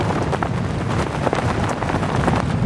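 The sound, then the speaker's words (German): Storm-strength gusts on St. Kilda, Scotland, roar in a dense, unbroken wall of noise, with an anorak and rain trousers flapping and cracking in quick irregular bursts and the microphones distorting under the loud, buffeting wind. “Die Böen wüten jetzt mit Sturmstärke. Anorak und Regenhose knattern ohrenbetäubend, die Mikrofone verzerren.”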